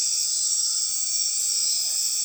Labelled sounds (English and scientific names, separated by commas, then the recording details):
none
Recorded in dense forest near Puerto Asís, Putumayo, Colombia, on 20 February 2024 at 23:30
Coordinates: 0.502, -76.326
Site G6460